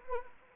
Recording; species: mosquito wingbeat signal from an infrared sensor; Anopheles arabiensis